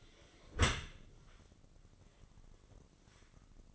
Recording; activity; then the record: daily activity, microphone in the room; close dishwasher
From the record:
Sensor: 4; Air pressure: 1013.2 hPa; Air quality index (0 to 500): 176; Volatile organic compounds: 2 ppm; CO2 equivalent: 1107 ppm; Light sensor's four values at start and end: 71/176/72/73 and 70/173/71/72